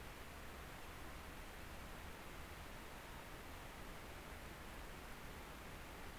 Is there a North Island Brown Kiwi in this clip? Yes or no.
no